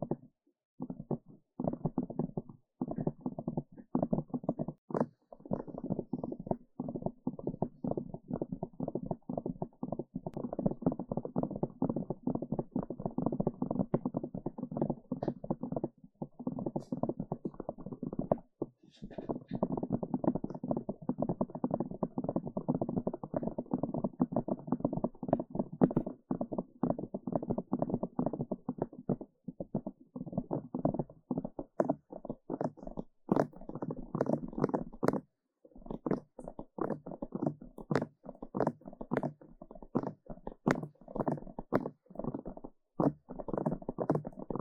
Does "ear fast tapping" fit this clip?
yes